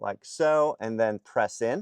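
Someone talks while handling the plastic wiring connector of a dashcam power Y-adapter, lining it up to press into the overhead rain sensor harness socket of a Fisker Ocean as part of a rain sensor power kit. Only speech is heard, with no clicks or other sudden sounds. Nothing has seated or clicked yet.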